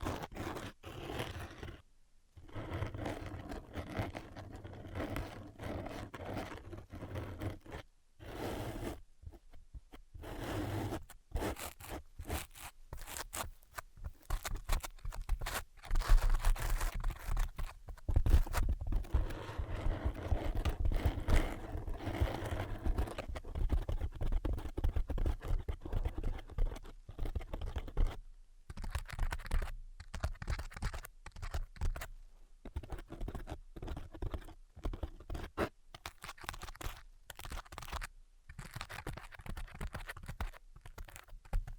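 Dense tapping and scratching runs almost nonstop, a rapid irregular patter of small strokes and scrapes with a zipper-like rasp. Brief silent gaps break it near 2, 8, 28 and 36 seconds, and the sound grows fuller and rougher around 16 to 24 seconds.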